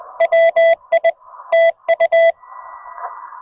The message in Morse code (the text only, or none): WI TU